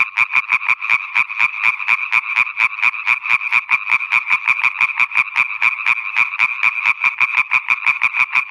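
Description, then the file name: Italian tree frog giving fast, rasping croaks in a long even series. "Raganella (Hyla intermedia)"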